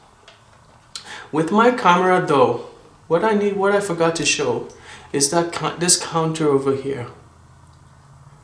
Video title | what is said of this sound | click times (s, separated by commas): How to unload and load the Mamiya M645 with 120 film | and you'll hear click, and now it's ready. | 1.0 s